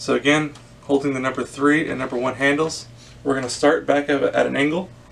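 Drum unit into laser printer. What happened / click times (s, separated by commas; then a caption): The drum unit is being handled but has not yet clicked into place / none. Someone talks while a drum unit, held by its number three and number one handles and tilted at an angle, is being brought back up to be reinstalled in a Brother MFC L9570 laser printer after a new belt unit has gone in. Nothing has seated or clicked yet when the clip ends.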